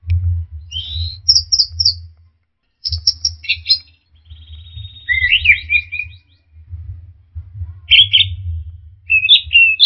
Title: Burung Anis Merah